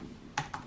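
A plastic key cap is centred over the installed retainer clip on an Acer Aspire V5 laptop keyboard and pressed down. Two quick sharp snaps are heard at 0.4 s and 0.5 s, the second slightly quieter. The key cap seats back on the retainer.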